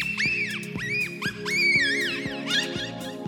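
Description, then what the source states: Marmot distress calls: several harsh whistled squeals that sweep up and down in quick succession. Distress call of a baby marmot, a large ground squirrel; likened to a horror movie moment.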